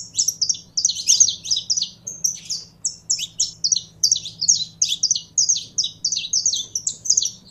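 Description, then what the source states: Belgian canary producing a sustained stream of high, crisp chirped notes in rapid succession, steady and repetitive throughout. Purebred Belgian canary singing.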